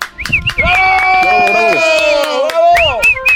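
Scattered claps open and close the moment, while a long, high, sustained whooping cheer rings out in between, bright and steady before trailing off.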